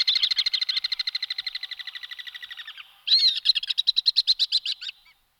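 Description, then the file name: Common swift giving high, rasping screams made of fast pulses that fade out, then a second burst of sharper trilled screams. "Rondone"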